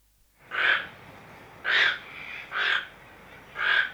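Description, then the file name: Toco toucan giving four harsh, hoarse croaks in a slow series. Captive bird at a zoo in Amsterdam. "Artis, toko toekan - Sound Cloud - Beeld en Geluid"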